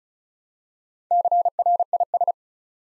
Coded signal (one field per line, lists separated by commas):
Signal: Morse code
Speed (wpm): 36 wpm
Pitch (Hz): 700 Hz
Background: none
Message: CRIS